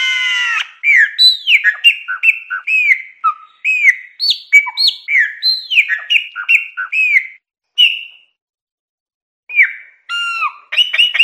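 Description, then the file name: Chopi blackbird song: rapid series of loud, varied whistled and slurred notes, some rising, some falling, pausing near the end before resuming with sharp chirps. "Pássaro-preto"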